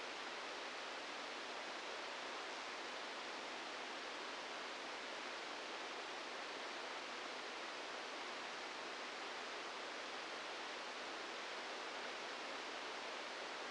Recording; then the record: brain microelectrode recording played as sound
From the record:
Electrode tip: outside the subthalamic nucleus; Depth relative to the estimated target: 2 mm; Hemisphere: left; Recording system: NeuroSet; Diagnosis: Parkinson's disease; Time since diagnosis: 15 years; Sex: female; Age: 59 years